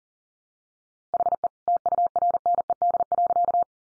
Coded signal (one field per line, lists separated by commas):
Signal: Morse code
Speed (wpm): 38 wpm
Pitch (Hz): 700 Hz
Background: none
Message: HE TURNED.